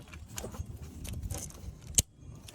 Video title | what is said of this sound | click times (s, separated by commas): Volvo XC90 EVAP Purge Valve Location & Replacement 4.4L V8 | Hear that click. | 2.0 s